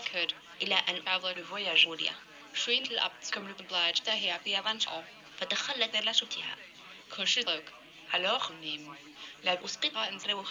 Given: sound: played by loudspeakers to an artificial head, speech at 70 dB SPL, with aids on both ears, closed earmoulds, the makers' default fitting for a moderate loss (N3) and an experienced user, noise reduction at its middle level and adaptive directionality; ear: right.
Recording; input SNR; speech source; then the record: speech test signal (ISTS) in cocktail-party noise; +9 dB; on the right (90 degrees)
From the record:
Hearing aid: class 1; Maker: G